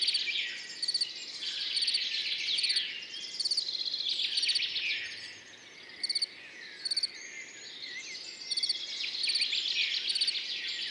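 A field cricket chirps in short, regular bursts roughly every second, bright. Behind it, birds sing and call continuously from a distance, a dense, shifting chorus of twitters that swells and dips, with a faint low rumble underneath.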